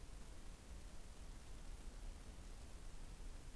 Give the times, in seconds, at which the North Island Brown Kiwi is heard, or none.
none